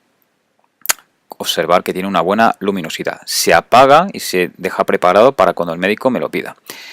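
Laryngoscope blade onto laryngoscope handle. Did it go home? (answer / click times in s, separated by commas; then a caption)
yes / 0.2 s, 1.0 s. A laryngoscope blade is mounted onto its handle, with both parts held vertical and the blade fitted into the rail and recess, then opened to the lit position to check the light. Short clicks are heard at 0.2 s and 1.0 s, and the blade seats on the handle, after which someone talks.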